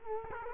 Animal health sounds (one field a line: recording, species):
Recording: mosquito wingbeat signal from an infrared sensor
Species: Culex quinquefasciatus